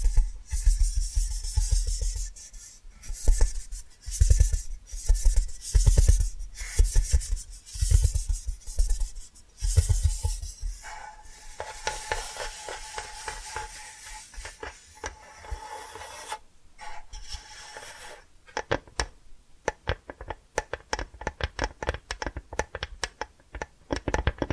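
Tapping and scratching sounds: for the first ten seconds, rough rubbing scratches with low thumps repeat about once a second. Then come softer, hissy rasping strokes, and finally a dense run of quick, sharp, bright taps near the end.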